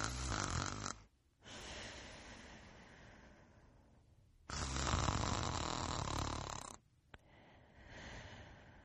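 Loud, rough inhaled snores lasting a few seconds each, split by quiet pauses and softer exhaled breaths, about two full breath cycles in nine seconds. Ordinary adult snoring.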